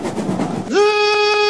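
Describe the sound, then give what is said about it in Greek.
A small train rattles along its rails with a rough, noisy clatter, then a steady horn-like whistle rises in pitch and holds, loud and unbroken, over the continuing rumble. “Τι λέτε να γίνει? Μπούμ το μικρό τρένο.”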